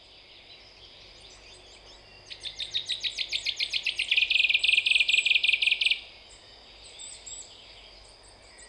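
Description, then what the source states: Common chaffinch song: a quick series of sharp notes that grows louder over nearly four seconds, then stops abruptly; faint chirps before and after. Recorded at Glashütte, Germany, on 5 June 2015.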